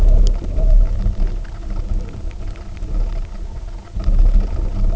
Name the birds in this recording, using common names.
none